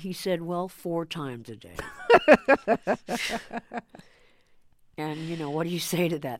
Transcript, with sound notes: And he said, well, four times a day.
(Laughter).
And, you know, what do you say to that,